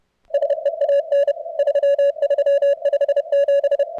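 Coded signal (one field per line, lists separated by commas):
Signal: Morse code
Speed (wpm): 30 wpm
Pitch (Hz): 560 Hz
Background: none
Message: SEAN 3357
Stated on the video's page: CWops CWT contest session on 40 meters, band in great shape.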